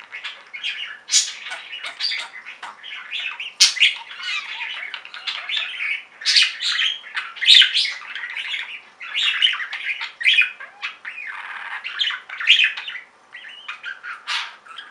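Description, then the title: Budgerigar chatter, steady stream of squawks, chirps and harsh warbled notes, repeated in rapid overlapping bursts. "Budgie Sounds"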